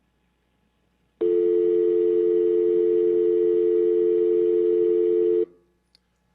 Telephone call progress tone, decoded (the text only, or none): dial tone